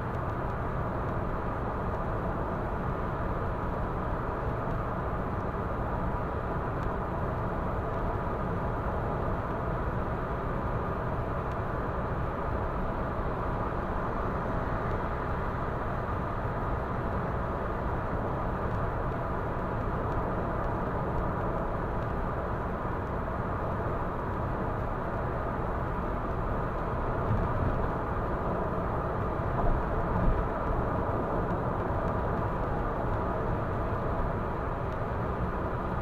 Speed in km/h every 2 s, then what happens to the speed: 117, 117, 117, 117, 117, 117, 117, 117, 117, 117, 117, 117, 117, 117, 117, 117, 117, 117.
0-36 steady at about 117.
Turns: none.